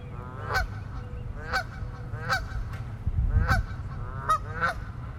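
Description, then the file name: Goose: geese giving harsh, nasal honks, single or doubled, about once a second, with a deep rumbling background noise throughout. "Geese honking"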